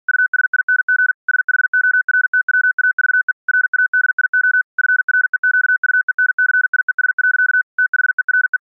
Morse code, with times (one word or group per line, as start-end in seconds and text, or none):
0.1-1.1 USING
1.3-3.3 SHORTWAVE
3.5-4.6 RADIO
4.8-7.6 FREQUENCIES.
7.8-8.6 THERE